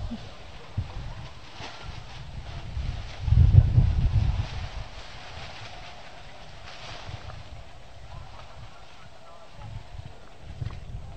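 A strong gust of wind buffets the microphone in a loud, low rumbling burst lasting about a second, then fades back into a steady, quieter background hiss.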